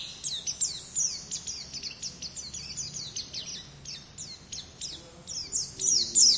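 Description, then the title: White-eye twittering, a fainter rapid series of thin, high down-sliding notes, several per second, over a soft background hiss. "Pleci"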